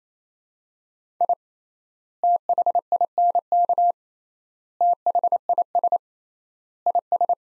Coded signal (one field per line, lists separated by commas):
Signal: Morse code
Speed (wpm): 27 wpm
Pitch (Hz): 700 Hz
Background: none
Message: I THINK THIS IS